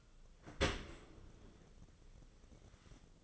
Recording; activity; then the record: daily activity, microphone in the room; open dishwasher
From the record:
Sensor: 4